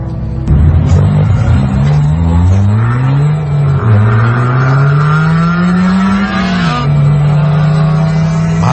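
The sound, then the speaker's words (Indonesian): A car engine revs loudly and steadily, its low hum rising and falling in pitch as the throttle changes, with a brief rough start at the beginning, as the car is driven to pick someone up. “Itu Boy membawa mobil miliknya menjemput Rusdi ke kedai ayam bakar langganan mereka.”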